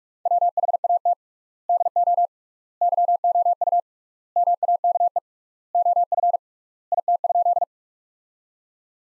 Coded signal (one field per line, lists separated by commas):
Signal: Morse code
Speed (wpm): 46 wpm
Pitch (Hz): 700 Hz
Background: none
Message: WHAT DO YOU MAKE OF IT?